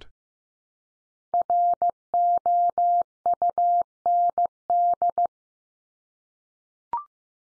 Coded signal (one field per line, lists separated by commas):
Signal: Morse code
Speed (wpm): 15 wpm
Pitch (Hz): 700 Hz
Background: none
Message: ROUND